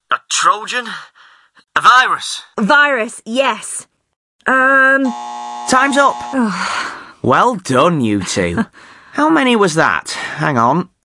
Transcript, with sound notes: A Trojan? A virus!
Virus, yes. Erm..
{buzzer sounds} Time’s up. Well done you two. How many was that? Hang on.